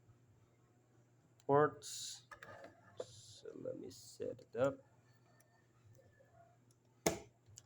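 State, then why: Seated. A source SATA hard drive is pushed down into the slot of an Orico 6228US3-C dual-bay offline cloning dock until its connector seats, while someone talks. After some soft handling noises, a sharp click at 7.1 s marks the drive seating in the slot.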